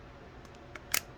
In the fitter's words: you want to hear a nice click that just shows you that the magazine is completely in the gun